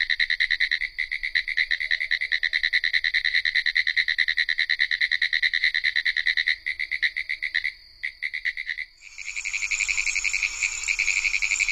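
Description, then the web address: Pine woods treefrog calling in a rapid, raspy train of pulses, followed after about nine seconds by a faster, denser pulsed sound. "Songs of Frogs Toads of North America. Pine Woods Treefrog"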